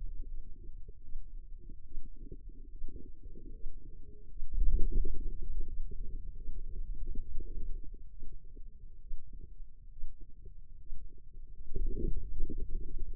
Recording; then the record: forearm muscle sounds (acoustic myography)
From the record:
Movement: hand opening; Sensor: system 2, bracelet of six BSWA MPA416 microphones around the upper forearm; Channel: 2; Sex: female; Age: 25 years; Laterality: right